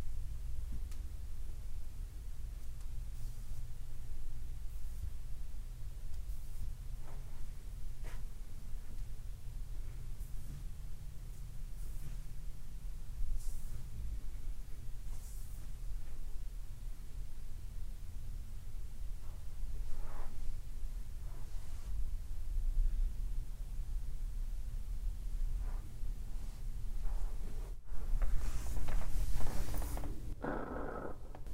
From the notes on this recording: clothes rustling, stone sounds, match lighting and massage sounds